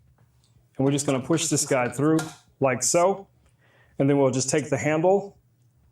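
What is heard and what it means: Someone talks while handling a handle and the shredding blade attachment of a kitchen gadget, pushing the blade through and reaching for the handle that will lock onto it. Only a couple of faint, brief knocks are heard near the start. Nothing has seated or clicked yet.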